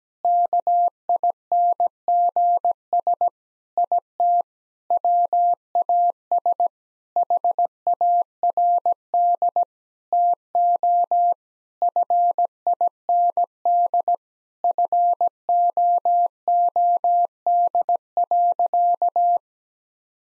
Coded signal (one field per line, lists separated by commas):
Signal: Morse code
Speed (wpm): 17 wpm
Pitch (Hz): 700 Hz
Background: none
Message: KINGS IT WAS HARD TO FIND FOOD.